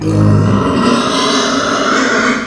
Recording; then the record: squeal of a Yucatan mini pig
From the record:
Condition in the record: after surgery on the right vocal fold (resection and tissue-engineered implant); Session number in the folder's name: 12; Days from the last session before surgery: 105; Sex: female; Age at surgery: 19 weeks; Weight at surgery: 25 kg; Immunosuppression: prednisolone